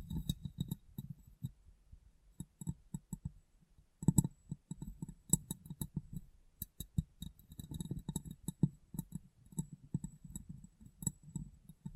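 Tapping and cleaning on glass, a busy run of short, dull knocks and small clicks with faint bright ticks above them. The taps come in quick irregular clusters, pausing briefly near two and four seconds, then picking up again with a sharper knock around four seconds.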